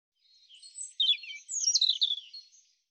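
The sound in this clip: European robin singing a quick, high, jumbled phrase of thin trills and liquid sliding notes for about two and a half seconds, clean and without other sounds.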